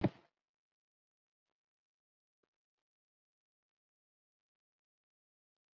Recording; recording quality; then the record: shallow breathing; poor, much background noise or distortion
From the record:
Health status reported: COVID-19 positive, mild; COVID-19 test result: positive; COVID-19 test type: RT-PCR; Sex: male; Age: 33 years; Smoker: no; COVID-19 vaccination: one dose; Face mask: not worn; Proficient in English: yes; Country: India